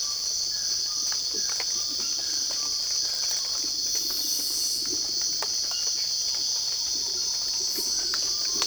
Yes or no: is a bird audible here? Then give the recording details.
yes. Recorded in secondary vegetation near Puerto Asís, Putumayo, Colombia, on 8 March 2025 at 05:30. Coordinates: 0.488, -76.319. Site G095